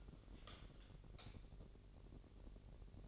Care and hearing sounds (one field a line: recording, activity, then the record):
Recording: daily activity, microphone in the room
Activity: light off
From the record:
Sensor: 4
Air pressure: 1012.7 hPa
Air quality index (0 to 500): 245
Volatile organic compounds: 4 ppm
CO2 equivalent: 1668 ppm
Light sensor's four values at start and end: 17/45/18/19 and 15/35/14/14